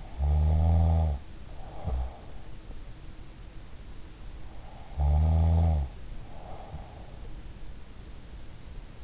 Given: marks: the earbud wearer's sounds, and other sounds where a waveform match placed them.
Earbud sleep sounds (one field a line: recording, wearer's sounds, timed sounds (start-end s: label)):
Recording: sounds in sleep by an in-ear microphone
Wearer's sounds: snoring breath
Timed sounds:
0.00-2.80 s: snoring breath
4.89-7.53 s: snoring breath